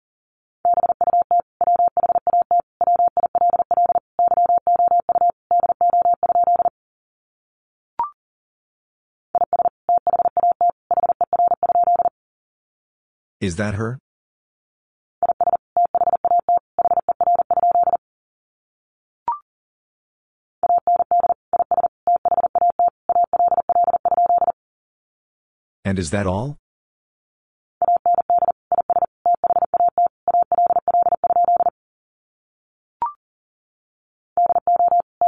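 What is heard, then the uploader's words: Morse code beeps in a steady mid-pitched tone, sent as fast bursts of short and long dots and dashes grouped into words with brief silences between. Around 13 and 26 seconds a short scratchy rush of noise cuts in, and faint single clicks mark other gaps. First, the words are sent in Morse code. 40wpm.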